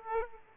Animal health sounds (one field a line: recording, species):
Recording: mosquito wingbeat signal from an infrared sensor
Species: Aedes aegypti